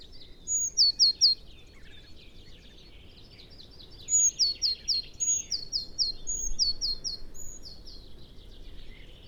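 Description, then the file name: Eurasian blue tit singing repeated phrases, each a thin high note followed by a quick run of slightly lower notes, over steady background noise. "Cyanistes caeruleus"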